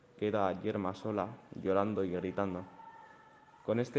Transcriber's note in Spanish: Llorando, gritando